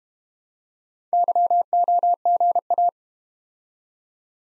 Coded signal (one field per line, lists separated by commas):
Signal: Morse code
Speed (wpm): 31 wpm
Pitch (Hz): 700 Hz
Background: none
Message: YOGA